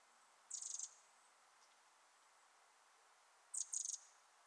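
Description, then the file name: Eurasian wren giving two short, high, dry ticking rattles, the second a doubled burst, separated by about three seconds of quiet. "Troglodytes troglodytes"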